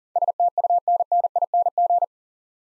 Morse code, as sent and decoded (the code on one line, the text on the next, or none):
... - ..- -. -. .. -. --.
STUNNING